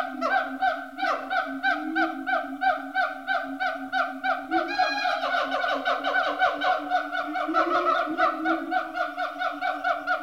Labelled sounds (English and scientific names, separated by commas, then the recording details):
Siamang (Symphalangus syndactylus)
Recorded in captivity
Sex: diverse
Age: diverse
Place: Zoo Dresden, Sachsen, DE
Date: 1986-09-10 13:30
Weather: sonnig, 18°C
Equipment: Nagra SN, Kopie Uher 4000 Report Monitor
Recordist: Tembrock, Günter